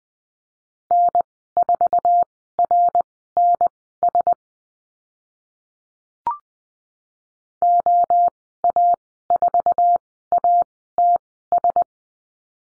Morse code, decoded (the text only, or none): N4RNS OA4ATS